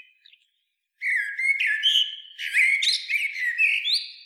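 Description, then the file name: Common blackbird giving a long rich phrase of fluted whistles mixed with high twittering notes after a brief faint start. "Turdus merula"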